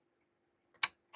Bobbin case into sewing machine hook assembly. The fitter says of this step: there we go you heard that snap in